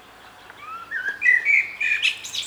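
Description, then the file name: Common blackbird, a single strophe of gently rising whistles swelling into a fluty warble and a scratchy high ending. "Turdus merula"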